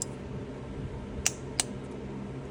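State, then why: Torque reached. A 1/4in torque wrench set to 9 Nm tightens a thermostat housing bolt on an engine. A sharp click at 1.3 s marks the wrench reaching its setting, followed by a second similar click at 1.6 s over a low steady background hum. The bolt is torqued to spec, with the wrench's click confirmed.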